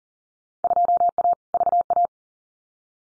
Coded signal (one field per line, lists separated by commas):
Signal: Morse code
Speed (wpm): 41 wpm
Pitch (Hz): 700 Hz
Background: none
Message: 2A VA